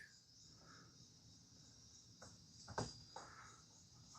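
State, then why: Seated. A replacement license plate projection light for a Tesla Model 3/Y has its wiring plug lined up and pushed into the car's harness connector; it only goes one way. A steady insect-like hiss runs underneath, with a softer knock at 2.2 s before the louder sharp click at 2.8 s as the connector seats.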